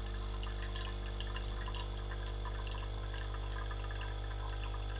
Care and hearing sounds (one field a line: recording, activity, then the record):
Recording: daily activity, microphone in the room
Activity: make coffee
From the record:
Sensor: 4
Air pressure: 992.6 hPa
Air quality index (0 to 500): 142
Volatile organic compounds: 77 ppm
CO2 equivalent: 3580 ppm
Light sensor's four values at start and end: 17/60/22/23 and 17/60/22/22